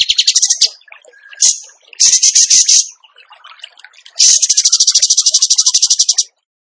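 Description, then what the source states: Bird song: short buzzy bursts and one long rapid pulsing trill, with faint scattered chirps between phrases. Masteran training recording of a gacor bird singing in tembakan style.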